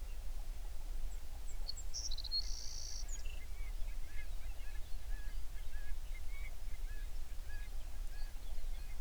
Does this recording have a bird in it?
yes